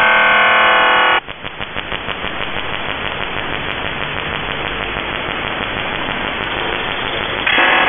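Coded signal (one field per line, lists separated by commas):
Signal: channel marker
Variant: UVB-76 (The Buzzer)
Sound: harsh rasping buzz, then fast regular clicking for several seconds, then buzz again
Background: radio static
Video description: "The Buzzer" is a Russian military radiostation that broadcasts on 4625 kHz.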